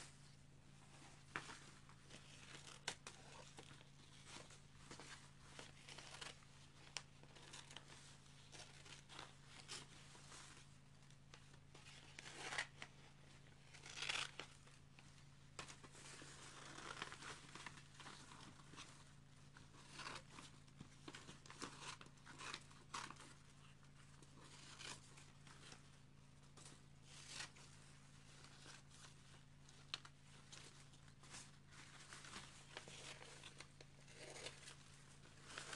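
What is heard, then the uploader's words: Newspaper being cut: a steady run of short, dry crisp snips and crinkles, dense and irregular, with a few sharper cuts near 13 and 14 seconds. A constant low hum sits underneath throughout. Cutting newspaper.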